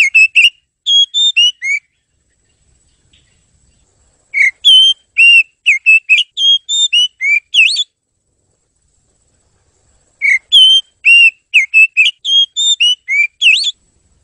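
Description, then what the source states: Bird whistling bright, pure notes in rapid bursts of short slurred and rising phrases, separated by silent pauses of a few seconds, with no other sounds. Bird chirping.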